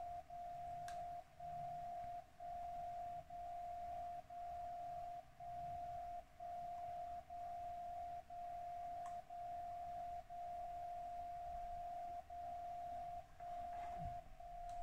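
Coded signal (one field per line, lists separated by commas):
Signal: radio time signal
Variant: DCF77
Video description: In this video, I'm receiving the time signal with Software Defined Radio from SDRPlay - RSP1A tuned to 77.5 kHz and a Tecsun MW Ferrite Antenna on the right side. (the annoying sound you hear in the background)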